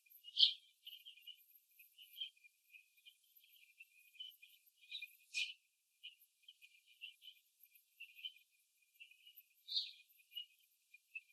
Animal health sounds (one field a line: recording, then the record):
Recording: young laying hens in a cage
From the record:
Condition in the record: before the stressor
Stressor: simulated dog barking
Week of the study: 2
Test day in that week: 3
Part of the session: 2